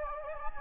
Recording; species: mosquito wingbeat signal from an infrared sensor; Anopheles gambiae